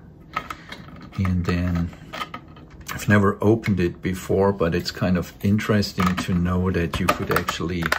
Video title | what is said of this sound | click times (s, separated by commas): The Amiga You’ve Never Heard Of: Exploring the Rare ARMIGA Emulator | it just snaps into place like so | 0.4 s